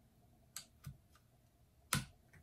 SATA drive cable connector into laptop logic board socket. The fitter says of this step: you can see that one snaps into place